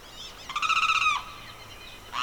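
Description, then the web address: Bird giving a rapid pulsed, nasal call that ends with a slight downward slur, followed by the start of another note; faint hiss behind. Evening birdsong recorded in a swamp in the Pantanal, rural South America. "The BBC Sound Effects Library - Complete 60 CDs Collection Sound Effects Library- (Rural South America) Evening Birdsong, Pantanal Swamp"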